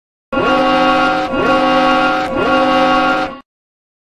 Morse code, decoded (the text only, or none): none